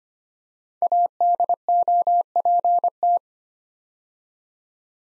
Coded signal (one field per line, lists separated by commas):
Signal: Morse code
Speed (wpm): 25 wpm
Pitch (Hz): 700 Hz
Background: none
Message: ADOPT